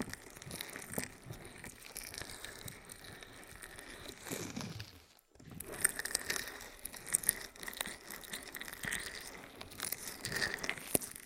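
Wet, sticky rubbing and squishing of aloe being massaged over the ear, full of crackly, crunchy textures and small pops. The sound is dense and uneven throughout, with one sliding swoosh near four seconds and a brief silence just past five seconds before the rubbing resumes.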